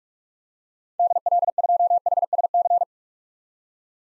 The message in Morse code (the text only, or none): DL2HSC